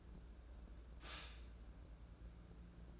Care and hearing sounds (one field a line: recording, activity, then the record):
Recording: daily activity, microphone in the room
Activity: stop toaster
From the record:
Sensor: 2